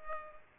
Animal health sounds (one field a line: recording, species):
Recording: mosquito wingbeat signal from an infrared sensor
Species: Culex pipiens